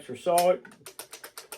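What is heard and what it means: Someone talks briefly as a cocking crank handle is being inserted into a crossbow stock, where it is meant to lock in mechanically rather than be held by a magnet. A run of short, sharp handling sounds follows from about 1.0 s to the end. Nothing has seated or clicked yet.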